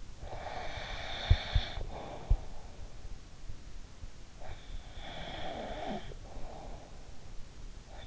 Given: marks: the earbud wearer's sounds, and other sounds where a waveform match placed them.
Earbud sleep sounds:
sounds in sleep by an in-ear microphone; snoring breath
0.00-2.82 s: snoring breath
4.43-7.01 s: snoring breath

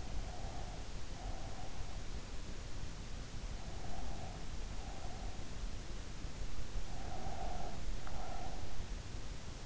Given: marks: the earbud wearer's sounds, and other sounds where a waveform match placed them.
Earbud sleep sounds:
sounds in sleep by an in-ear microphone; breath
0.00-2.11 s: breath
3.19-5.61 s: breath
7.00-8.96 s: breath

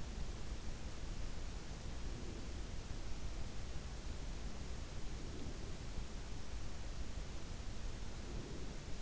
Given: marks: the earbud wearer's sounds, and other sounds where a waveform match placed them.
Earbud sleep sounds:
sounds in sleep by an in-ear microphone; breath
1.86-2.81 s: breath
4.91-6.00 s: breath
8.07-9.02 s: breath

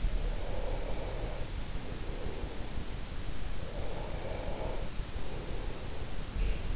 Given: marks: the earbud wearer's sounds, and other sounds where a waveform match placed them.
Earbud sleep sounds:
sounds in sleep by an in-ear microphone; breath
0.00-2.81 s: breath
3.49-6.30 s: breath

